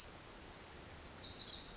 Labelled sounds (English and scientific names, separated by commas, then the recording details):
Pacific Wren (Troglodytes pacificus)
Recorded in Sonoma County, California